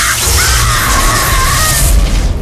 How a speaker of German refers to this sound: Mit einem kalten Lächeln hob Carla seinen rechten Arm und zeigte auf die Hexe vor mir. Blitze züngelten um seinen Zeigefinger, um kurz darauf in einem gleißenden Strahl zu explodieren.